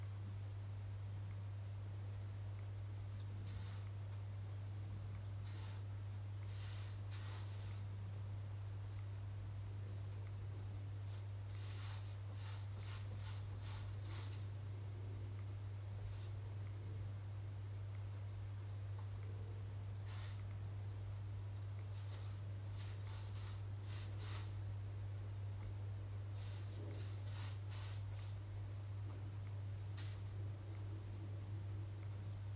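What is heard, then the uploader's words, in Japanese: Cicadas drone steadily and shrilly throughout, under a constant low hum. Short rattling, rustling bursts, like wheat being sorted by hand, come in clusters every few seconds, busiest around twelve to fourteen and twenty-three to twenty-eight seconds. 雨上がりの夕方、外では夏を急ぐように蝉たちが鳴いています。今日は家の中で、小麦の手選別作業です。収穫した小麦を乾燥、唐箕がけしたあと草の実や麦の茎がまだ混ざっているので手で取り除いています。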